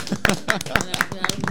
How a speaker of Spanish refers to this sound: ¡Aplauso! ¡Claro que sí!